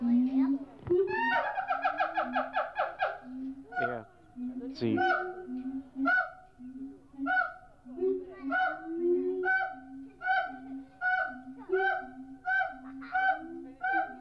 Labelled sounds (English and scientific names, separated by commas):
Siamang (Symphalangus syndactylus)